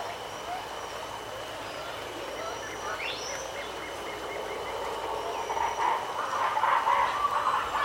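Wedge-capped capuchin chatter, soft at first and swelling into louder grating, pulsed notes toward the end, with a steady insect drone throughout.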